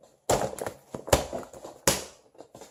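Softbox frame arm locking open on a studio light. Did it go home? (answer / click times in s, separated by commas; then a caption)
yes / 0.3 s. The folding frame arm of a softbox on an LS Photo Studio Pro lighting kit is pushed back hard until it snaps into its open, locked position with a sharp snap at 0.3 s. Further loud snaps and rattles follow at about 1.1 s and 1.9 s as the frame is handled. The frame is locked open and ready for the LED light bulb.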